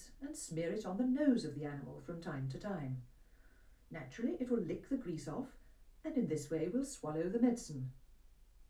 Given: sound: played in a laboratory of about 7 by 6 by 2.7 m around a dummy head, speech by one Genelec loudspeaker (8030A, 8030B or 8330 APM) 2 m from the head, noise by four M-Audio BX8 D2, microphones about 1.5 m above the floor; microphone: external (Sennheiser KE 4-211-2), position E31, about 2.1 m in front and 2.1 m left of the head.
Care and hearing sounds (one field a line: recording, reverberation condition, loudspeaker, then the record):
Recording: female speech in English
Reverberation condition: low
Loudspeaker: 60 degrees to the right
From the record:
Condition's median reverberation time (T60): about 310 ms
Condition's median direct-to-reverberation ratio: about 3.5 dB